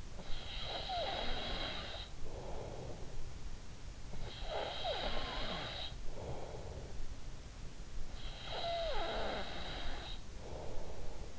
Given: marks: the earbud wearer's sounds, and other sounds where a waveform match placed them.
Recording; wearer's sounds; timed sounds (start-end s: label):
sounds in sleep by an in-ear microphone; snoring breath
0.00-3.62 s: snoring breath
3.88-7.63 s: snoring breath
7.88-11.39 s: snoring breath